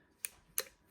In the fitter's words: You hear that third click in the middle? It's right about between the safe and full auto.